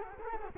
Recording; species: mosquito wingbeat signal from an infrared sensor; Culex quinquefasciatus